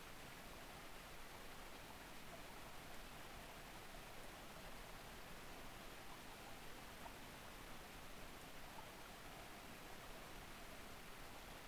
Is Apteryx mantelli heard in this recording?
no